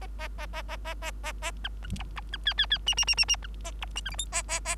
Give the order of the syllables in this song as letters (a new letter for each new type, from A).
A A A A A A A A A B B C B B D D D E E E E E B A C F G H A A A